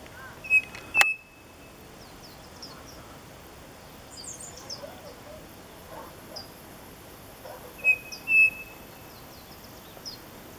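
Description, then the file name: Bird singing clear paired whistles on one pitch, heard twice, amid scattered high squeaky chirps and a sharp click early on. "SABIOD 50 bird 2015"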